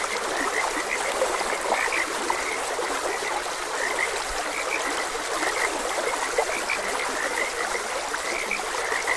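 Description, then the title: Frog chorus of quick, repeated chirpy croaks, overlapping at uneven intervals above a continuous hiss of running stream water. Frogs croaking beside a gentle stream. "Gentle Stream and Frogs Croaking"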